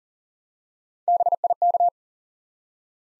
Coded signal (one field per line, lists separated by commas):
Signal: Morse code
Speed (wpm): 41 wpm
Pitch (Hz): 700 Hz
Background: none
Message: BIK